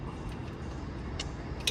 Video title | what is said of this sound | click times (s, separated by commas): Will it ever run again - Roadside VW motor rebuild | click I can hear the clicking | 1.7 s